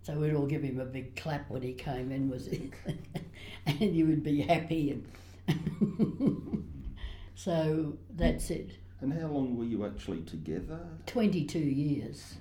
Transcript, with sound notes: We’d all give him a big clap when he came in. He would be happy. [Laughs] So that’s it.
How long were you actually together?
Twenty-two years.